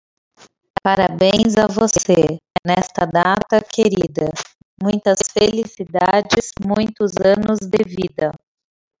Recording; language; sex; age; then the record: short text; Brazilian Portuguese; female; 30 to 39 years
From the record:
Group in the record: control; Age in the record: 38 years